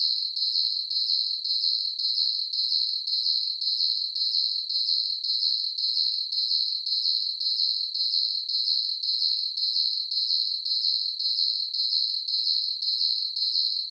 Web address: Blast Wave 5.1 SSFX Crickets. ambience crickets chirps night insects bugs surround sound